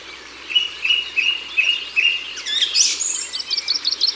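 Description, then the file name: Coal tit calling: several high, thin notes at an even pace, then a busier jumble of high notes. Recorded at the water's edge. "Mesange noire Au bord de leau"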